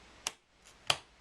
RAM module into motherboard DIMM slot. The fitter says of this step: and then the other corner, you'll hear a click, click.